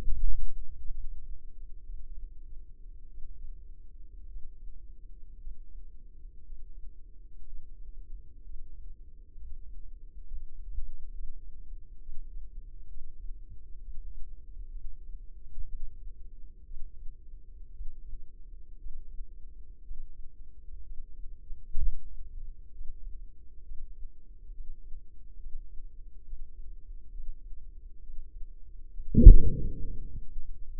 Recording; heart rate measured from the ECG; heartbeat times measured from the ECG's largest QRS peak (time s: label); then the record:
heart sounds by microphone in the left ear; 62 bpm
0.67 s: heartbeat
1.84 s: heartbeat
3.07 s: heartbeat
4.27 s: heartbeat
5.38 s: heartbeat
6.43 s: heartbeat
7.45 s: heartbeat
8.42 s: heartbeat
9.33 s: heartbeat
10.24 s: heartbeat
11.11 s: heartbeat
12.00 s: heartbeat
12.88 s: heartbeat
13.79 s: heartbeat
14.69 s: heartbeat
15.66 s: heartbeat
16.65 s: heartbeat
17.72 s: heartbeat
18.77 s: heartbeat
19.82 s: heartbeat
20.83 s: heartbeat
21.77 s: heartbeat
22.72 s: heartbeat
23.62 s: heartbeat
24.51 s: heartbeat
25.37 s: heartbeat
26.24 s: heartbeat
27.11 s: heartbeat
28.01 s: heartbeat
28.90 s: heartbeat
29.80 s: heartbeat
30.63 s: heartbeat
From the record:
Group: healthy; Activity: breath hold 0-30 s, rest 30-31 s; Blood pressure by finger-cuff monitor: 85/59 mmHg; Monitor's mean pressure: 65 mmHg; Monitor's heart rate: 63 bpm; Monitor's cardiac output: 4.3 L/min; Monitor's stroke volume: 70 mL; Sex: female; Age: 36 years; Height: 163 cm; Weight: 88 kg